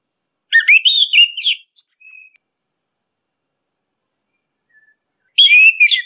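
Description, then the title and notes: Orange-headed thrush singing a varied phrase of quick notes ending in thin high whistles, then a pause before another phrase begins. Training recording of song used for tutoring birds. "punglor kembang. Masteran Anis Kembang"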